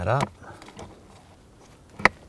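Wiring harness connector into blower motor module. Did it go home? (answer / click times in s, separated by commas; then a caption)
yes / 2.0 s. A wiring harness connector is pressed onto the new blower motor module of a 2004–2008 Acura TL. Someone talks at the start, a few faint taps follow, and then a sharp, loud click at 2.1 s shows the connector seating into place.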